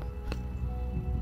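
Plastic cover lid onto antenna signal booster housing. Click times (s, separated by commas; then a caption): 0.0 s, 0.3 s. After re-soldering its cable, the plastic cover of a digital antenna signal booster is lined up and pressed shut onto the housing. Clicks are heard at 0.0 and 0.3 seconds over a steady low background hum. The lid clicks but does not lock firmly because the latch is worn loose, so black tape is added to hold it.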